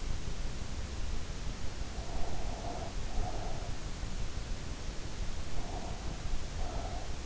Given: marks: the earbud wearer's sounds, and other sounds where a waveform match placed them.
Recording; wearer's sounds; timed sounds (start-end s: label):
sounds in sleep by an in-ear microphone; breath
1.63-3.75 s: breath
5.16-7.07 s: breath